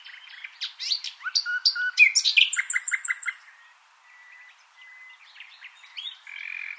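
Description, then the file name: Common nightingale song: rich varied phrases of whistles and rapid repeated notes, followed by quieter scattered notes and a thin whistle. "Luscinia megarhynchos"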